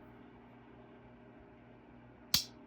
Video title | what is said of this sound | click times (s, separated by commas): It’s 3:30 in the morning and I’m up shootin videos……. More of my carry EDC pieces!!!!! 🤘🤘 | look at the ACT do you hear that snap on this thing | 2.3 s